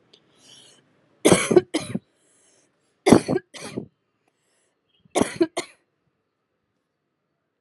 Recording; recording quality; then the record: heavy voluntary cough; moderate, slight background noise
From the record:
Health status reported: healthy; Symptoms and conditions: none ticked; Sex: female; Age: 26 years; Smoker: not ticked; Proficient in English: yes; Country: India